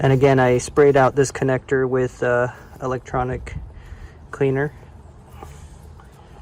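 A plastic electrical connector, sprayed out with electronic cleaner, is handled for reconnection onto a cooling-system coolant sensor on an MGB engine. Someone talks through most of the clip, followed by a couple of faint, brief ticks near 5.4 and 6.0 seconds. Nothing has seated or clicked yet.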